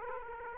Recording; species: mosquito wingbeat signal from an infrared sensor; Aedes aegypti